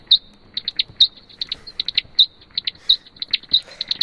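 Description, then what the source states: Brazilian free-tailed bat courtship song: a rapid, uneven patter of bright chirps and clicks, some doubled, continuing throughout. Seduction song.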